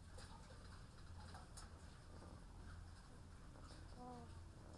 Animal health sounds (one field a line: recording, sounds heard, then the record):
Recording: poultry house recording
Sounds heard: sick chickens (respiratory disease)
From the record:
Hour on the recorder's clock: 13